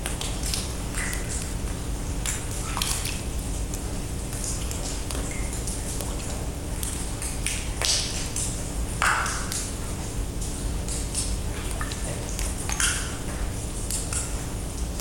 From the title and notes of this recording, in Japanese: 真っ暗な鍾乳洞内で水滴が垂れる音です。マイクロフォン：RODE NT-SF1（FOA・Horizontal）。